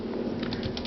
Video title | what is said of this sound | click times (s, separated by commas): Olivetti Dora carriage lock | now it's locked | 0.8 s